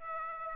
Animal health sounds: mosquito wingbeat signal from an infrared sensor; Aedes aegypti

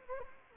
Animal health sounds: mosquito wingbeat signal from an infrared sensor; Anopheles gambiae

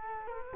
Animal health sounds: mosquito wingbeat signal from an infrared sensor; Culex quinquefasciatus

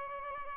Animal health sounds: mosquito wingbeat signal from an infrared sensor; Aedes albopictus

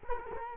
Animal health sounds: mosquito wingbeat signal from an infrared sensor; Culex quinquefasciatus

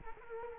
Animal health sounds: mosquito wingbeat signal from an infrared sensor; Culex quinquefasciatus

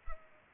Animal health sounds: mosquito wingbeat signal from an infrared sensor; Culex pipiens

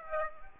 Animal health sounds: mosquito wingbeat signal from an infrared sensor; Aedes aegypti

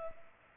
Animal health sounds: mosquito wingbeat signal from an infrared sensor; Culex pipiens

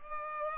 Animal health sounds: mosquito wingbeat signal from an infrared sensor; Culex pipiens

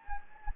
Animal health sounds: mosquito wingbeat signal from an infrared sensor; Anopheles gambiae

